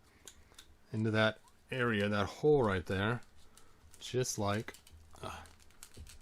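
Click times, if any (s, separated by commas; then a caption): 5.8 s. A 3D-printed plastic neck peg is pushed into the socket hole on an action figure body, seating with a small click at 5.8 s. Someone talks beforehand, and faint taps and handling sounds come before and after the click.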